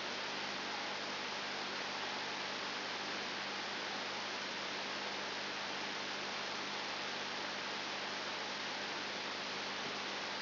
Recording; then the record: brain microelectrode recording played as sound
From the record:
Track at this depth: outside the subthalamic nucleus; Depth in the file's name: 7.099 mm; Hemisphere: left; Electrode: 2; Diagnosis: Parkinson's disease